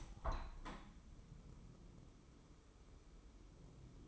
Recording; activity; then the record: daily activity, microphone in the room; open window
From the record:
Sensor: 1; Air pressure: 1014.9 hPa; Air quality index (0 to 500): 25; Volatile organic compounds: 0 ppm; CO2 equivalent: 503 ppm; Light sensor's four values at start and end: 10/25/10/11 and 11/26/10/12